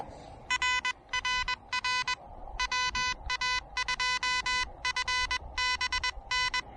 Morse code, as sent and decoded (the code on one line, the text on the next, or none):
.-. .-. .-. / .-- .- ..--- ..-. -... -.
RRR WA2FBN